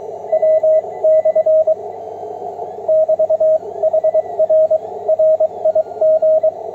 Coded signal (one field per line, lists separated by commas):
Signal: Morse code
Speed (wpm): 21 wpm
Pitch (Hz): 630 Hz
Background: radio noise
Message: W/ <BT>HR RIG